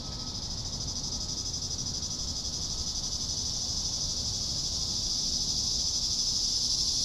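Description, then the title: Cicada chorus, a sustained high buzzing whine that swells gradually louder toward the end. "neoscenes: cicadas"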